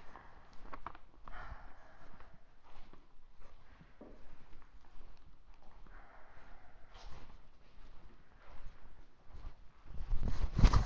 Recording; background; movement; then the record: deep breathing; quiet; walking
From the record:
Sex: female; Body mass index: 18.8 kg/m2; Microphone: on the chest, facing outward